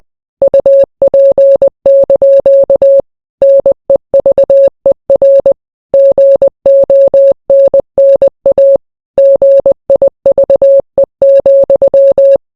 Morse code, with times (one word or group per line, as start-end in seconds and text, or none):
0.4-3.0 UP)
3.4-5.5 NEVER
5.9-8.8 GONNA
9.2-12.4 GIVE,